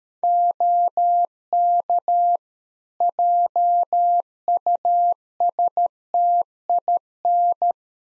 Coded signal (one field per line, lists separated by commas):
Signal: Morse code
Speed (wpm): 13 wpm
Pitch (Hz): 700 Hz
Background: none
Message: OK JUSTIN